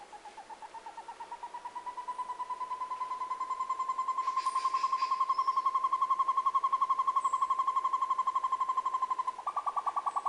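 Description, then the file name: Short-tailed Antthrush song: a long, rapid string of hollow notes that swells in loudness, then near the end shifts to a slightly slower and higher series. "canto do tovaca campainha"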